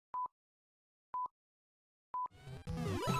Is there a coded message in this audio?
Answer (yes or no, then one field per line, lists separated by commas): no